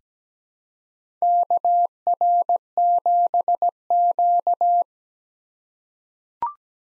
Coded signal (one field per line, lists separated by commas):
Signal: Morse code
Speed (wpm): 17 wpm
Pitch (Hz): 700 Hz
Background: none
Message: KR7Q